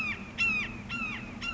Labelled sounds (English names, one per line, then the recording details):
Red-shouldered Hawk
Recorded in Sonoma County, California